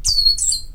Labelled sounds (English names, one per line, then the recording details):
Stitchbird song
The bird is a male
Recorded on Tiritiri Matangi Island, New Zealand, in 2005
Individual 22, of nest box 31